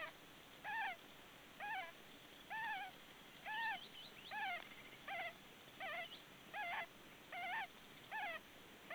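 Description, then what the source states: Osprey chick calling in short, high, arched whistles, some doubled or stacked, repeated roughly every second against faint background hiss. Osprey chick, recorded in the dark.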